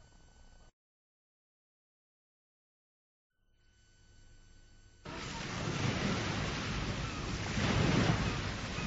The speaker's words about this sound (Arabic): هذا البحر الممتد حتى الأفق البعيد، أتسمع صوت أمواجه؟ أجل، وكأنها تحكي قصته العجيبة.